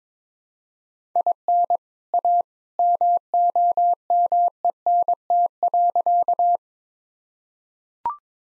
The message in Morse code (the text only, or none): IN A MOMENT.